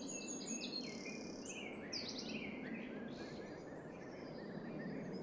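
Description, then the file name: Eurasian wren song: high, rapid chirps and short buzzy trills tumbling over one another against a steady low background hiss. "Troglodytes troglodytes"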